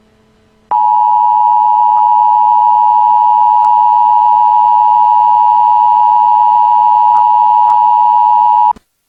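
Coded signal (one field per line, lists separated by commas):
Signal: Emergency Alert System (SAME) tones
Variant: 853 and 960 Hz attention tone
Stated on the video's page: Fictional mock EAS alert for a missile crisis during an imagined invasion of Lylat.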